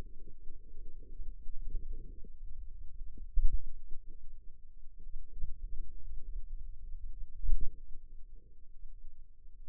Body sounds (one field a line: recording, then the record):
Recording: forearm muscle sounds (acoustic myography)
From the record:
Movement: finger pinch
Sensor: system 2, bracelet of six BSWA MPA416 microphones around the upper forearm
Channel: 5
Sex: female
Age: 22 years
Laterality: right